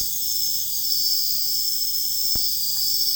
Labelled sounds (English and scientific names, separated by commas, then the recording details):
none
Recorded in dense forest near Puerto Asís, Putumayo, Colombia, on 21 February 2024 at 04:00
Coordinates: 0.485, -76.322
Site G6406